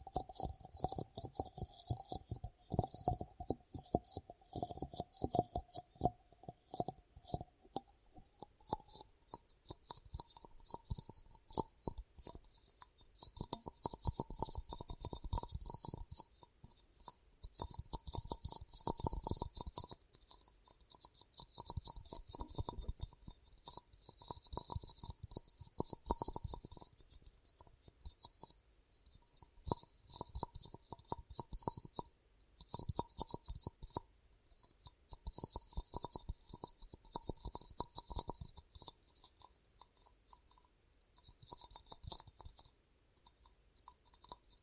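Ear cupping triggers: rapid, dense crackling and rustling that runs the whole time, with bright hissy scratching up high and soft thuds underneath. A faint steady tone hums along throughout, and the sound pulses in uneven bursts with brief dips in loudness.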